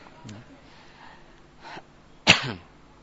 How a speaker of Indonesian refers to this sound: yang bersin ini muncul dari gerakan gisha al-mukhati lil anf, gerakan selaput lendir yang ada di hidung. Karena selaput lendir tersebut bergerak yang ada di hidung, nah sehingga muncullah yang namanya utos, bersin.